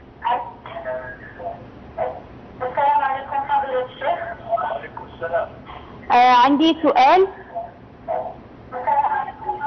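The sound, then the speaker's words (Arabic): A female caller from Algeria speaks over a narrow, phone-quality line to a live call-in fatwa program while a television plays in her home underneath, its voices and bright broadcast sound overlapping hers, surging louder for a moment midway. “قبل السؤال إذا سمحتي بس اخفضي صوت التلفاز عندك.”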